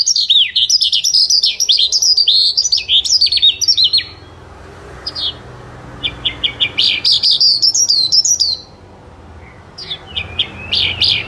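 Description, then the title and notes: Bird song: a rapid warbling run of high chirps, a lull with faint hum, then short twittering phrases returning. Bird song for training pet birds. "Suara Burung. Suara Kicauan Burung untuk memaster burung kesayangan"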